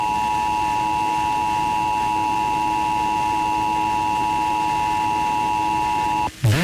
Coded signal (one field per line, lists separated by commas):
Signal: Emergency Alert System (SAME) tones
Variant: 853 and 960 Hz attention tone